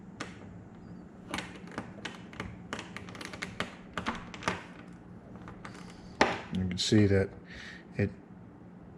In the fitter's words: dis-railed itself again it didn't catch